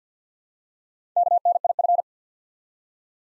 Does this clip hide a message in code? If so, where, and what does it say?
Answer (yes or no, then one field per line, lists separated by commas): yes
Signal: Morse code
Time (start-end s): 1.2-2.0 s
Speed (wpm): 48 wpm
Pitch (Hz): 700 Hz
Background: none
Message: KNIF